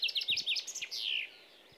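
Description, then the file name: Common chaffinch song fragment: a quick run of sharp, repeated high notes ending in a falling, slurred flourish. "Fringilla coelebs"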